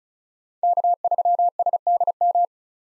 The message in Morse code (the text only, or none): K3SDM